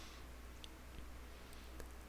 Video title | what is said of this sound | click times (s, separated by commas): How To Install Toto THU855 Auto Flush Kit for Dual Flush Toilets with S7A Washlet Bidet Seat | And it clicks right in like so. | 0.6 s